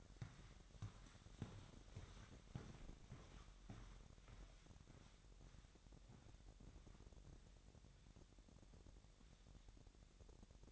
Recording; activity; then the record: daily activity, microphone in the room; walk to room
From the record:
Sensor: 3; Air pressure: 1012.2 hPa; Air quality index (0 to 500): 152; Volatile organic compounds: 2 ppm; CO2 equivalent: 1155 ppm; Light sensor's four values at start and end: 131/313/129/120 and 136/324/134/124